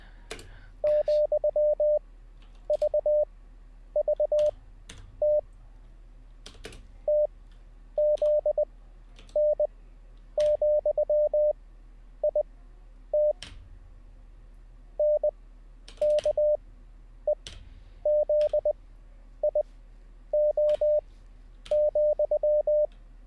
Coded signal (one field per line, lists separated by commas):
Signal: Morse code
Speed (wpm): 20 wpm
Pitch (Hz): 600 Hz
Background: none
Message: ,VVT TZN,IT NKEZIO,